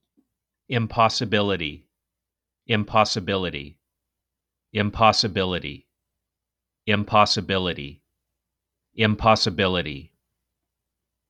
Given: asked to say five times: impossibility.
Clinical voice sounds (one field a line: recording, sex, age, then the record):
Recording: repeated word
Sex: male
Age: 40 to 49 years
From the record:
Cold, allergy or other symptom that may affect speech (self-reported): no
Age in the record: 42 years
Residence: Minnesota, United States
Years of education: 16